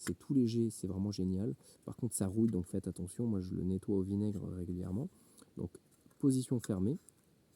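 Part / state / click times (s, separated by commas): folding stove arm into its notch position / not seated / none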